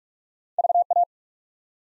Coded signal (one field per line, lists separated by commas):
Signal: Morse code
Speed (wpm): 44 wpm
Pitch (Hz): 700 Hz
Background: none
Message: VA